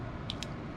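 The release button on the plastic handlebar mount of a 1300-lumen Kapvoe bicycle headlight is pressed, giving a sharp click at 0.3 s, followed by a second brief tick at 0.4 s over a steady low background. The mount releases and the headlight comes off the handlebar mount.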